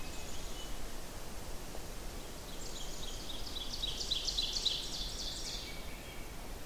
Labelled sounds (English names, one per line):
Ovenbird song